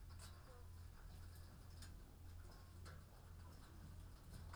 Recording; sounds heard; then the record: poultry house recording; sick chickens (respiratory disease)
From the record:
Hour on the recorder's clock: 13